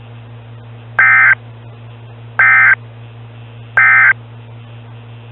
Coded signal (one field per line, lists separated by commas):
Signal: Emergency Alert System (SAME) tones